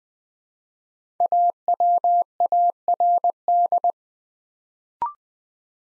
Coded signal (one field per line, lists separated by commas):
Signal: Morse code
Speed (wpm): 20 wpm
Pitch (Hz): 700 Hz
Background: none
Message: AWARD